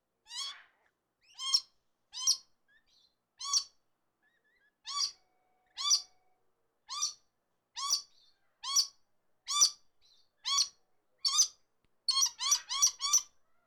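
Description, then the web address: Red lory chirps: harsh, buzzy notes with rich harmonics, repeated roughly once a second, quickening into a rapid cluster near the end. "red lories chirp"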